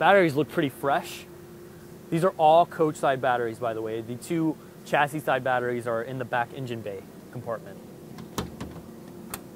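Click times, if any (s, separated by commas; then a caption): 8.4 s, 9.3 s. Someone talks beside the exterior battery compartment, which holds the coach-side batteries, on a 2005 Holiday Rambler Navigator with a 12.7L Detroit Series 60 500+ hp engine on a RoadMaster S chassis. The compartment door is then shut, and its metal lock clicks firmly into place at 8.4 s and 9.3 s, leaving the door closed and latched.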